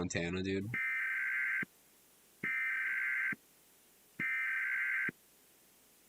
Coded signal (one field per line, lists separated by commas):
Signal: Emergency Alert System (SAME) tones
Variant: header bursts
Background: speech